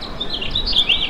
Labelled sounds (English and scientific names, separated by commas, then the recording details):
House Finch (Haemorhous mexicanus) song
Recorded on Long Island, New York, on 24 June 2012
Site SO
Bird A